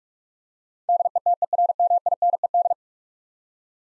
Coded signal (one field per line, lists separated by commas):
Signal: Morse code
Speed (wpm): 41 wpm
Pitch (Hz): 700 Hz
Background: none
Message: DETERMINED